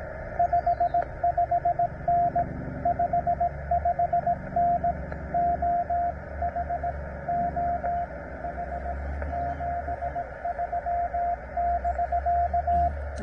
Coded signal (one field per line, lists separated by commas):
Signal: Morse code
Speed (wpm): 18 wpm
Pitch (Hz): 700 Hz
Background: radio noise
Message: 55N 55N OH OH 73 <BK>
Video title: K-3783 POTA in CW 6 OCT 2023